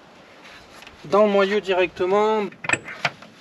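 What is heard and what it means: A plastic 18-inch wheel cover in Orbital Black for a Tesla Model 3 is handled before being pressed by hand onto the car's alloy wheel, where its rear retaining clips will snap in once the valve opening is lined up. Someone talks through most of the clip, with a short sharp sound at 0.9 s and brief knocks near the end. The cover has not seated or clicked onto the rim yet.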